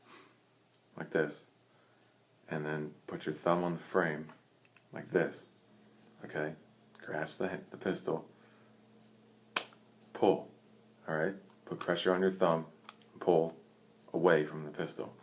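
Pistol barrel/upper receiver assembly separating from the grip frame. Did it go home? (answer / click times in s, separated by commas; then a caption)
released / 9.6 s. Someone talks while holding a Ruger MkIII Hunter pistol with a thumb on the frame and pulling the steel barrel and upper receiver assembly away from the grip frame. A single sharp snap sounds at 9.6 s as the assembly releases and comes free of the frame.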